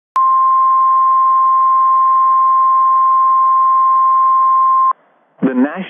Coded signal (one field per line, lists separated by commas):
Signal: Emergency Alert System (SAME) tones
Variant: 1050 Hz attention tone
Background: speech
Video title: SVR BY TOPEKA EAS #153